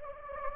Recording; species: mosquito wingbeat signal from an infrared sensor; Anopheles gambiae